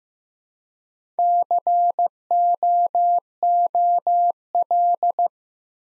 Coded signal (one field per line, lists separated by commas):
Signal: Morse code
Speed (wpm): 15 wpm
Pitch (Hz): 700 Hz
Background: none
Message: COOL